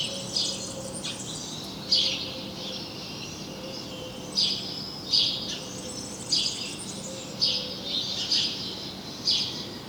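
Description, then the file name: House sparrow giving repeated bright chirps, roughly one burst every second or two throughout, with a faint continuous hum behind. "Passer domesticus"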